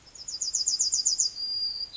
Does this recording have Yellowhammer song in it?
yes